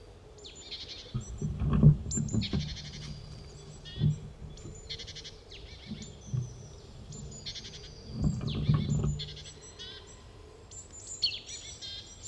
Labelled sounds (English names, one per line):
Great Tit